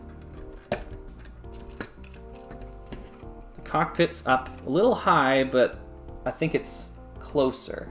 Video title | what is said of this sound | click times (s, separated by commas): Live Stream Archive ~ Building Every LEGO Rock Raiders set from MEMORY! July 1, 2022 | the bucket it feels right now and it locks locks in place the | 0.7 s